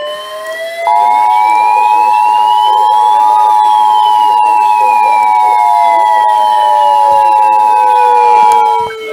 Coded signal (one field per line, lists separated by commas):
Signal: Emergency Alert System (SAME) tones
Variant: 853 and 960 Hz attention tone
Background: speech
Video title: NOAA Radio (EAS # 419 443) Alerts From 6/28/18